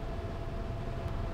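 A JMA Wireless 1/2-inch Trilogy coax connector is lined up on an annular plenum cable, with the outer conductor aligned to the line on the connector sleeve before it is pushed on with two clicks. Only steady broadband noise with low rumble and a constant tone near 650 Hz is heard. Nothing has clicked or seated yet.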